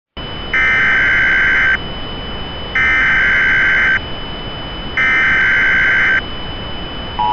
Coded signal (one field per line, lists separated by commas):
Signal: Emergency Alert System (SAME) tones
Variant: header bursts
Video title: What the...? (EAS MOCK)